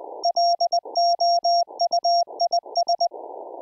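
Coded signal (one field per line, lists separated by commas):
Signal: Morse code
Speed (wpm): 20 wpm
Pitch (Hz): 690 Hz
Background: music, radio noise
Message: LOUIS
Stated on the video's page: CW sent over a remote rig via Secure Reliable Transport protocol through a Raspberry Pi rig interface.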